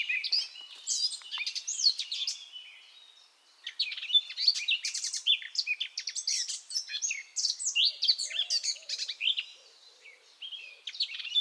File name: Sylvia atricapilla